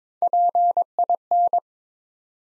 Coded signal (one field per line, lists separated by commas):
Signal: Morse code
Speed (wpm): 22 wpm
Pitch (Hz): 700 Hz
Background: none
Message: PIN